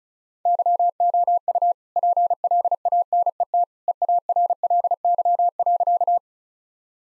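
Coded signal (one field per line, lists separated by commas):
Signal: Morse code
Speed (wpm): 34 wpm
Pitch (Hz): 700 Hz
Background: none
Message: YOU PLANET EARLY.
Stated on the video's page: Morse code practice at 35 wpm sending all-age jokes, with context given beforehand as priming.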